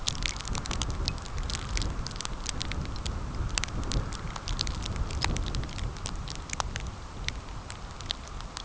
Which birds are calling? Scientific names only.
none